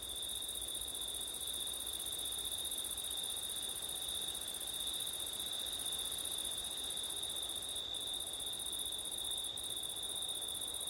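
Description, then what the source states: Continuous high cricket trill with a second, higher band, unchanging over the whole stretch, with quiet wind hiss below. Crickets at night in September, with wind; ORTF microphone setup.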